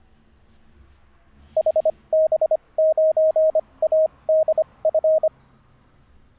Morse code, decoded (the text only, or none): HB9ADF